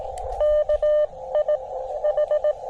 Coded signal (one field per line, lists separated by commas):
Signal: Morse code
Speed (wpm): 23 wpm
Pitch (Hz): 600 Hz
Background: none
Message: KI H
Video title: HIDE: POTA/SOTA at Sugar Hill State Forest